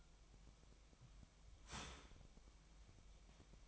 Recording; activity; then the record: daily activity, microphone in the room; start toaster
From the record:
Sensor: 1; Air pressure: 1001.9 hPa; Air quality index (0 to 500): 238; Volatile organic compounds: 43 ppm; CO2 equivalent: 3191 ppm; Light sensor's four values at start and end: 11/36/13/15 and 11/36/13/15